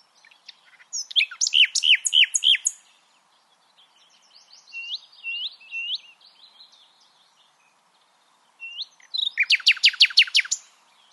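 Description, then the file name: Common nightingale song with repeated swooping notes, a softer varied passage, then a loud rapid series of sharp notes. "Luscinia megarhynchos"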